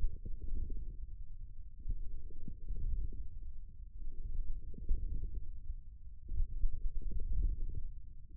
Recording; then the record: forearm muscle sounds (acoustic myography)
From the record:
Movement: forearm pronation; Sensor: system 1, eight BSWA MPA416 microphones around the upper forearm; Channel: 6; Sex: male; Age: 28 years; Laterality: right